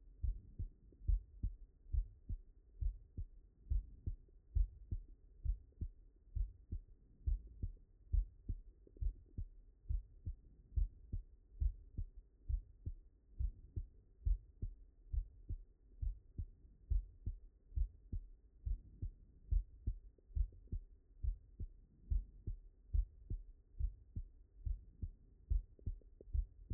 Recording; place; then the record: heart sounds by stethoscope; mitral valve (MV)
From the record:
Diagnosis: non-HFrEF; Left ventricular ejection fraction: 69%